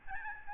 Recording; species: mosquito wingbeat signal from an infrared sensor; Aedes albopictus